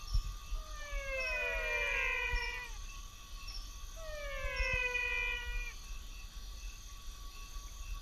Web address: Physalaemus albonotatus